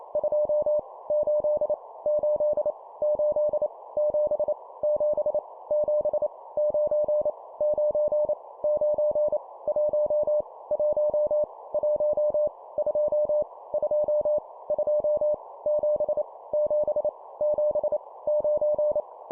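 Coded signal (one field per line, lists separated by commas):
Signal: Morse code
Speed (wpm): 28 wpm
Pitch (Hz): 600 Hz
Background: none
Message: 2 8 8 8 7 7 7 9 9 9 1 1 1 2 2 2 7 7 7 9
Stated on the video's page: Morse practice at 25 wpm, random numbers each repeated three times.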